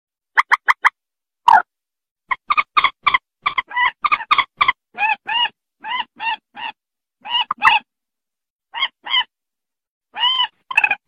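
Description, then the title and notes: Rail calling in a series of short nasal, trumpet-like notes, some arched, with pauses and occasional sharp clicks. "Kicau Burung Mandar"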